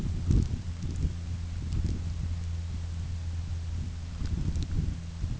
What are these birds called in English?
none